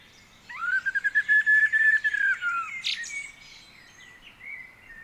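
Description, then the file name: Common blackbird gives a single rich fluted phrase of quick pulsed notes, ending in a brief high squeaky twitter. "Turdus merula"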